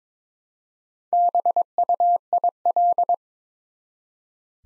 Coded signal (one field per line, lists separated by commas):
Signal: Morse code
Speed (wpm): 22 wpm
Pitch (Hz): 700 Hz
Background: none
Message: BUIL